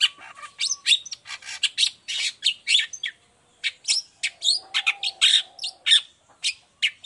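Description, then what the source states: Long-tailed shrike pouring out a continuous medley of scratchy notes, short whistles and chatters, with a low hum partway through. Morning 'gacor' cendet song with 'toet toet' notes and full variation, clear voice, said to be easy for any type of cendet to imitate.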